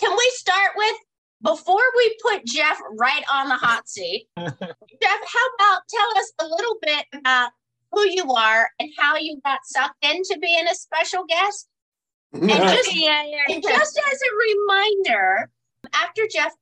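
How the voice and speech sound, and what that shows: One adult woman speaks fluently and clearly, with natural phrasing, short pauses between phrases and lively pitch. A brief repetition of "just" is an ordinary conversational slip. Articulation and voice quality sound typical, with no speech disorder evident.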